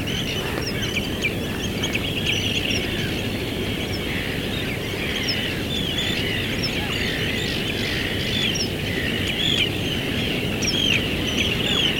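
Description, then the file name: Birds chirping and twittering steadily, many short high notes and quick slurred whistles overlapping throughout, with a persistent low rumble underneath. "oiseaux"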